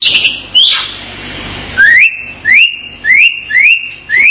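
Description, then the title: Starling giving an upslurred whistle, then after a pause several more clear upslurred whistles at a fairly steady pace, each rising in pitch. "Kicau Burung Jalak"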